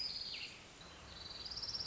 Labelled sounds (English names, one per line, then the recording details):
Orange-crowned Warbler
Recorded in Sonoma County, California